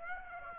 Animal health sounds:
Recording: mosquito wingbeat signal from an infrared sensor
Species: Aedes aegypti

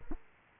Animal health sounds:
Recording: mosquito wingbeat signal from an infrared sensor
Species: Aedes aegypti

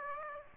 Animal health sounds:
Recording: mosquito wingbeat signal from an infrared sensor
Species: Aedes aegypti

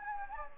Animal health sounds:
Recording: mosquito wingbeat signal from an infrared sensor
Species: Anopheles gambiae

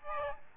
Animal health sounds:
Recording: mosquito wingbeat signal from an infrared sensor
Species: Aedes albopictus

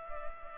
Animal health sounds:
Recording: mosquito wingbeat signal from an infrared sensor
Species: Culex pipiens

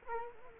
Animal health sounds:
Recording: mosquito wingbeat signal from an infrared sensor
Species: Culex quinquefasciatus

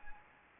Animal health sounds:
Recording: mosquito wingbeat signal from an infrared sensor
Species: Anopheles arabiensis

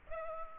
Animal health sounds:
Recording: mosquito wingbeat signal from an infrared sensor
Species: Culex pipiens

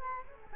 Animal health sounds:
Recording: mosquito wingbeat signal from an infrared sensor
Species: Culex quinquefasciatus

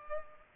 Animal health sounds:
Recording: mosquito wingbeat signal from an infrared sensor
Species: Culex pipiens

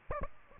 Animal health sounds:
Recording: mosquito wingbeat signal from an infrared sensor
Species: Aedes aegypti

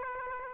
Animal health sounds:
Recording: mosquito wingbeat signal from an infrared sensor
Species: Aedes aegypti

